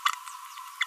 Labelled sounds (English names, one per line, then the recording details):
Green-rumped Parrotlet babbling
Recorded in a nest box in Venezuela
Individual 18B25A3